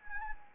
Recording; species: mosquito wingbeat signal from an infrared sensor; Anopheles arabiensis